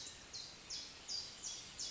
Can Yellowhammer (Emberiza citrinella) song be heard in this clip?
no